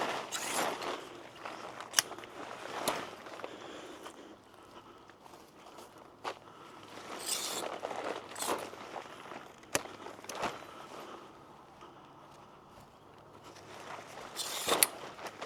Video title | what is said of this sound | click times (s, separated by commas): Fanttik instant pop up camping tent | and they're just going to snap in place. | 2.0 s, 9.8 s, 14.8 s